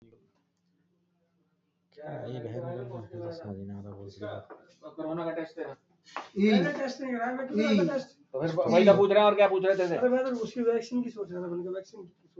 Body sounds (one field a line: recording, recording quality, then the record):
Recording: shallow breathing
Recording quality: poor, much background noise or distortion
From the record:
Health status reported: healthy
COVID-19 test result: not tested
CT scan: not taken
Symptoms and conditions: none ticked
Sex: male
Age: 31 years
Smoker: no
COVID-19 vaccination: both doses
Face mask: worn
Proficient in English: yes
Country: India